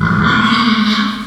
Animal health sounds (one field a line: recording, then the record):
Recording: squeal of a Yucatan mini pig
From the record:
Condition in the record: after surgery on the right vocal fold (resection and tissue-engineered implant)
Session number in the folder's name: 15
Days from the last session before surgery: 175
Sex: female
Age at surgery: 19 weeks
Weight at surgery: 25 kg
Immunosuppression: prednisolone